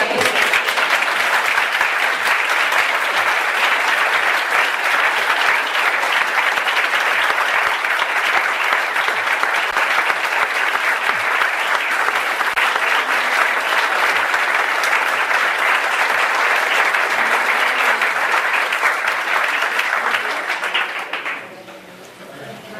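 A large audience applauds steadily for about twenty seconds, a dense, even wash of clapping that stays loud throughout before quickly fading out at the end.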